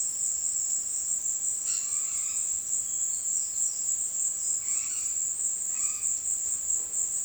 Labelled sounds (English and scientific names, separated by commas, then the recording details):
Red-bellied Macaw (Orthopsittaca manilatus)
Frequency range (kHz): Red-bellied Macaw (Orthopsittaca manilatus) 0.3-7.4 kHz
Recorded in secondary vegetation near Puerto Asís, Putumayo, Colombia, on 21 February 2024 at 17:00
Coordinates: 0.472, -76.331
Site G6371